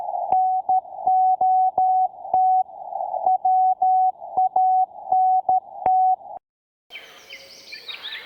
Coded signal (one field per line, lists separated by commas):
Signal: Morse code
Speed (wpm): 13 wpm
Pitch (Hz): 750 Hz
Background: none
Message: NOT WANT